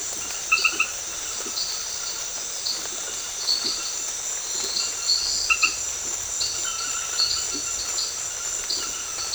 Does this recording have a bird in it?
no